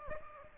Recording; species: mosquito wingbeat signal from an infrared sensor; Aedes aegypti